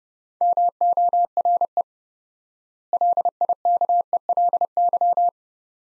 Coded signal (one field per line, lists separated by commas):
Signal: Morse code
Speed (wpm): 30 wpm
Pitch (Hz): 700 Hz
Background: none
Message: MORE LIKELY